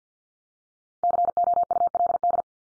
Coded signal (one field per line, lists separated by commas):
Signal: Morse code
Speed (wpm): 50 wpm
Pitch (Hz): 700 Hz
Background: none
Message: COULD